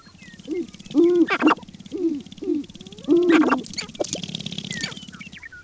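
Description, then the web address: Sharp-tailed grouse giving low hollow coos and quick cackling notes in several bursts, over steady background noise. "Peterson North American Birds"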